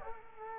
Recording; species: mosquito wingbeat signal from an infrared sensor; Culex quinquefasciatus